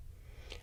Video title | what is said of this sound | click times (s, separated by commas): Philips HeartStart OnSite Demonstration & Training Video | sure to press the key down until it clicks into place icons | 0.5 s